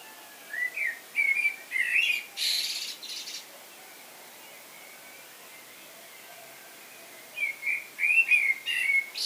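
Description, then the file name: Common blackbird song: melodious fluted notes closing in a brief scratchy high burst, then silence for several seconds before another warbling phrase begins. "Turdus merula"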